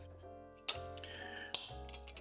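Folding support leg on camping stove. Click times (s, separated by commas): 0.7 s, 1.5 s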